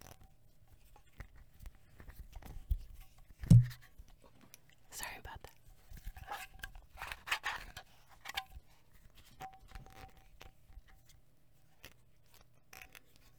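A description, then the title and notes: Lighters and candles: a quiet run of sharp clicks and brief scratchy strikes, with a dense cluster of rasping flicks between about five and eight seconds. A single heavier knock lands near three and a half seconds, over a faint steady low hum. ASMR Four Candles and Two Lighters.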